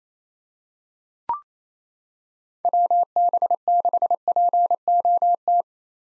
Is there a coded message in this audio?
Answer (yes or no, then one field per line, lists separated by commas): yes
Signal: Morse code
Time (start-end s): 2.6-5.6 s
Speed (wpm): 28 wpm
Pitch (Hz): 700 Hz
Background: none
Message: WB6POT